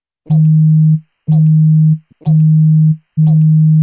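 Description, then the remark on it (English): Four steady, low-pitched electronic beeps from a satellite, picked up by radio receivers around the world, each lasting most of a second with a short gap between, repeating in an even, eerie rhythm like a radio signal. A faint buzzy click starts each tone. “An eerie, intermittent croak.”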